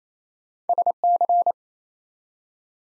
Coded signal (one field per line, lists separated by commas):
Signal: Morse code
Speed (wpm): 27 wpm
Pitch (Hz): 700 Hz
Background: none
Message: SC